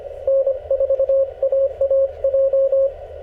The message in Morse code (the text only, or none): N4AAJ